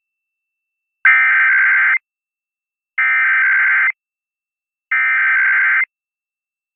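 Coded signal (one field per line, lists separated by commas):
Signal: Emergency Alert System (SAME) tones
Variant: header bursts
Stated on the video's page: Saturday night weekly tests.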